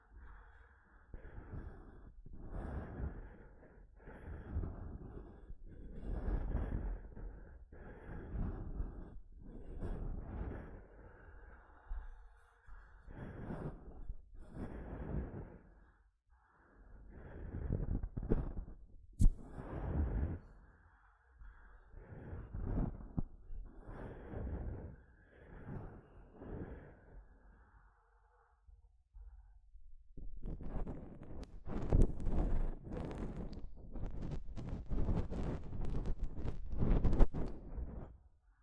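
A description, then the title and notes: Mic tapping and scratching: a run of separate rubbing, scraping strokes about every second for the first thirty seconds, each a dull, breathy rush with little sharp edge. After that, denser, brighter crackling scratches crowd together, with a louder tap near the end. ASMR Mic Tapping and Scratching (No Talking).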